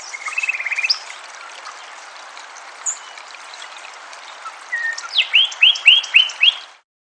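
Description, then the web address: Sinaloa wren song: a fast buzzy trill near the start, a long pause, then a run of five loud whistled notes near the end. "Wrens Kinglets Gnatcatchers Sinaloa Wren RThompson song"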